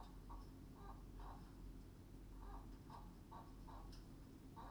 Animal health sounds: poultry house recording; healthy chickens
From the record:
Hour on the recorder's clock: 21

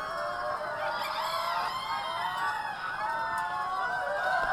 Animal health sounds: poultry house recording; healthy chickens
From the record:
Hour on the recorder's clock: 12

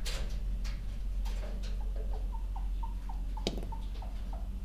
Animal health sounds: poultry house recording; healthy chickens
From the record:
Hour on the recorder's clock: 2

